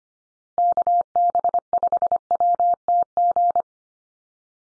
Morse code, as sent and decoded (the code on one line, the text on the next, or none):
-.- -... ..... .-- - --.
KB5WTG